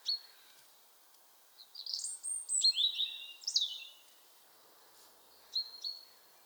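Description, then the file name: European robin song: thin sliding whistles rising and falling, a short warbled burst, then a brief pair of high notes after a pause. "Erithacus rubecula"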